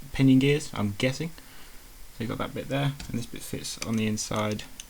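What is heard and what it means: Someone talks while handling a plastic piece of the adjustable motor plate assembly, fitting it onto the inside of a Tamiya M05 RC car chassis during the build. Faint handling and tapping sounds sit under the speech. The piece has not clicked into place yet when the clip ends.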